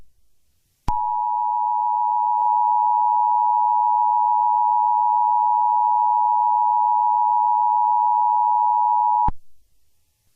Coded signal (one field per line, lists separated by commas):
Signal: Emergency Alert System (SAME) tones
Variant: 853 and 960 Hz attention tone